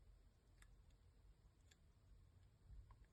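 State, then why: Not seated. A charging port board is pushed down into the frame of a Samsung Galaxy S21 Ultra, producing several small ticks over a low background hum, the sharpest near 0.6 s. Nothing has seated or clicked yet; the board still hasn't taken its seat and is lifted to check for obstructions.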